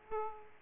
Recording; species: mosquito wingbeat signal from an infrared sensor; Aedes aegypti